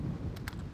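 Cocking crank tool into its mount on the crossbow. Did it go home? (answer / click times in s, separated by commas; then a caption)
yes / 0.4 s, 0.5 s. A crossbow's cocking crank tool is stowed back into its mount on the crossbow after the string has been cranked back and locked. Two short, sharp clicks sound at 0.4 s and 0.5 s over a low background rumble. The crank seats in its holder.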